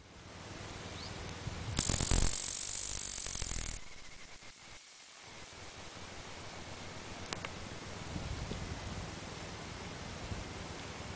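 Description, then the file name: Upland green bush-cricket song, an intense high shrill trill lasting two seconds before cutting off sharply, followed by quiet background hiss and a single faint tick. "Tettigonia cantans"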